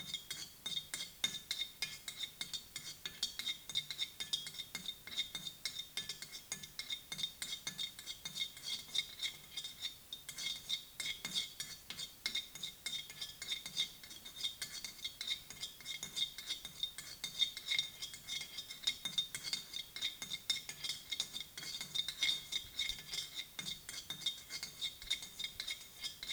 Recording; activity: daily activity, guitar pickup as the sensor; fry